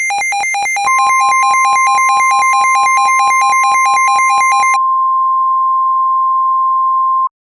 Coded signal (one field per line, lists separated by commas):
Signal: Emergency Alert System (SAME) tones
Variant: 1050 Hz attention tone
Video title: Horrorlings Part 1: Origin (Halloween EAS Scenario)